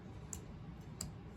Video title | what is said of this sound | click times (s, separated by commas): 1999 Honda Acty HA7 stuck climate control repair | little nub just pops right on like that. | 0.3 s, 1.0 s